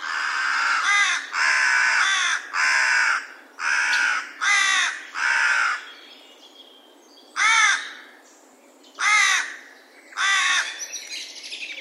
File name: Corvus corone